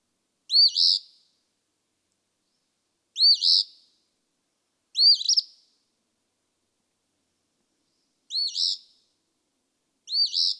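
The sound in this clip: Eastern phoebe giving five buzzy two-part song phrases, some with a stuttered ending, separated by gaps of one to three seconds in otherwise quiet surroundings.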